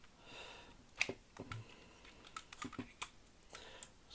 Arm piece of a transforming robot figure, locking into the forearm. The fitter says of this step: he that snap into place man